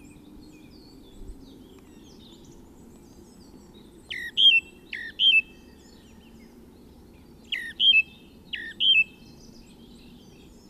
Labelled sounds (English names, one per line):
Song Thrush song